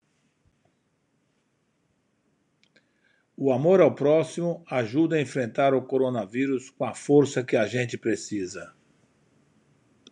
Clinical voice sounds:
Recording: spoken sentence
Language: Brazilian Portuguese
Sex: male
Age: 60 to 69 years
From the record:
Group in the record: control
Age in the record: 69 years

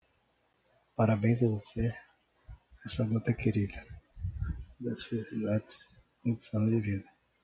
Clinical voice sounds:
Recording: short text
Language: Brazilian Portuguese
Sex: male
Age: 20 to 29 years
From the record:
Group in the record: control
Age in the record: 23 years

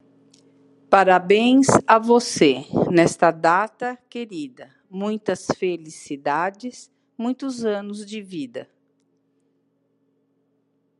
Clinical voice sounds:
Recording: short text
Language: Brazilian Portuguese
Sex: female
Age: 60 to 69 years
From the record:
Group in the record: control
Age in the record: 64 years

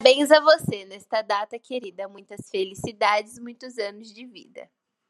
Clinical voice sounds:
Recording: short text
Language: Brazilian Portuguese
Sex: female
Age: 20 to 29 years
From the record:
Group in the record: control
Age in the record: 20 years

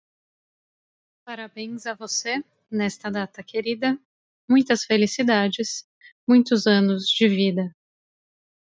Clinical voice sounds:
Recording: short text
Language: Brazilian Portuguese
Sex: female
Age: 20 to 29 years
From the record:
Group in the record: control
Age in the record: 29 years

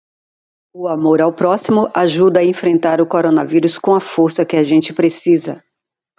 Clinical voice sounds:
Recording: spoken sentence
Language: Brazilian Portuguese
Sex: female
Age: 50 to 59 years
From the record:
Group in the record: control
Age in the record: 57 years

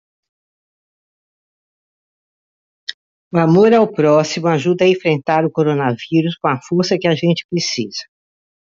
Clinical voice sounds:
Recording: spoken sentence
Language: Brazilian Portuguese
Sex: female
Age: 80 to 89 years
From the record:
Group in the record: control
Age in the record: 82 years

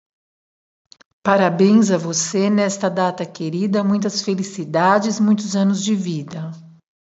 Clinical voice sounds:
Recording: short text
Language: Brazilian Portuguese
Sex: female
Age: 40 to 49 years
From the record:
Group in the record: control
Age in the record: 49 years

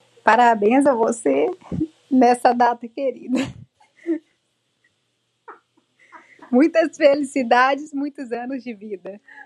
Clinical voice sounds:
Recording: short text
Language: Brazilian Portuguese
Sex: female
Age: 20 to 29 years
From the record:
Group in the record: control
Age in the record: 29 years

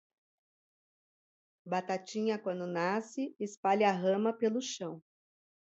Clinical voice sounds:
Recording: short text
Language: Brazilian Portuguese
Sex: female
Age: 50 to 59 years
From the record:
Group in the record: control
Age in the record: 50 years

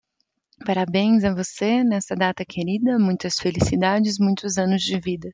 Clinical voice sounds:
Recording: short text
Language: Brazilian Portuguese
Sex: female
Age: 20 to 29 years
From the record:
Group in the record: control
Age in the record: 29 years

